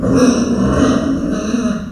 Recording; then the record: squeal of a Yucatan mini pig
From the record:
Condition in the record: after surgery on the right vocal fold (resection and tissue-engineered implant); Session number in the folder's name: 6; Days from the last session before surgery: 40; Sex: female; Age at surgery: 19 weeks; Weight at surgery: 25 kg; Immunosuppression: prednisolone